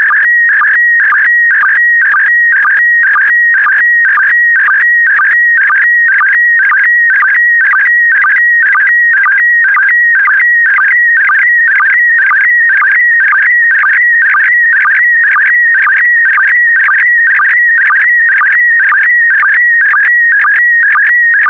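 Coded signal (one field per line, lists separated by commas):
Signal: SSTV (slow-scan television)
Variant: PD120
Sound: steady warbling, chirping tone with a regular low sync blip about twice a second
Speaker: the next image transmission will start in 10 seconds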